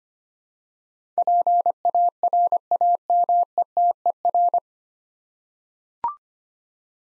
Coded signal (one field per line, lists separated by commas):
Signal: Morse code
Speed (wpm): 25 wpm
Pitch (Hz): 700 Hz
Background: none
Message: PARAMETER